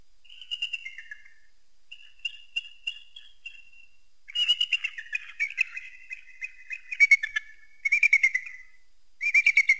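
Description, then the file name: Eagle calling with thin whistled notes at first, then louder runs of rapid high-pitched chatter toward the end. Eagle hunting prey. "tieng dai bang san moi"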